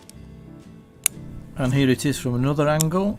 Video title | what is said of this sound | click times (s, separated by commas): Jaguar X-Type WINDSCREEN WIPERS UPGRADE | lower the top cover and click into place and | 1.1 s